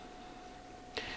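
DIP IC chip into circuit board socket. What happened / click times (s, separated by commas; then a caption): The chip snapped down into its socket / 1.0 s. A DIP integrated circuit chip is gently rocked back and forth and pushed down into its socket on a circuit board of a Sencore LC-102. A quiet background with a steady faint tone gives way to one sharp click at 0.97 s as the chip seats fully in the socket.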